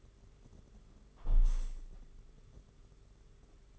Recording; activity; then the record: daily activity, microphone in the room; close window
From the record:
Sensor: 4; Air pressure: 992.1 hPa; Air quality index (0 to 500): 102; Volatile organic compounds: 13 ppm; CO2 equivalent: 2428 ppm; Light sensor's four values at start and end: 23/78/28/30 and 22/77/28/30